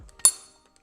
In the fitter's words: but goes down. It locks in place.